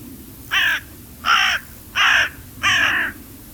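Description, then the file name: Carrion crow giving four loud, rasping caws in quick succession, roughly every three-quarters of a second, against a low rumbling background. "Corvus corone"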